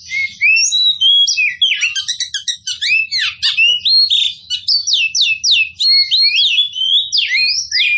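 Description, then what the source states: Oriental magpie-robin song, a rapid unbroken run of varied high whistles, slurred notes and buzzy trills, rising and falling continuously, with faint low rumble beneath. Local variety called kacer poci, described as gacor, singing vigorously and persistently.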